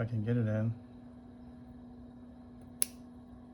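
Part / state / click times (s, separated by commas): interchangeable leg piece into a drafting compass socket / seated / 2.8 s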